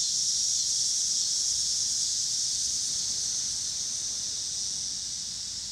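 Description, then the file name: Cicadas give a dense, even, sizzling buzz that fades a little in the last seconds. Cicadas with car noise in Pittsburgh, Pennsylvania, on 26 August 2023. "cicadas and cars Pittsburgh PA"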